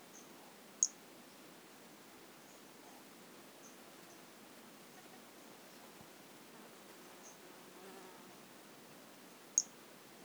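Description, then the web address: White-lined pumpkin toadlet calling: brief high-pitched chirps, two sharp loud notes near the start and near the end, with a few faint ones between, over a steady soft hiss. Recorded in 2018. "2018 Brachycephalus albolineatus"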